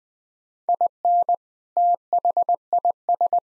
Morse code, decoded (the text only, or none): IN THIS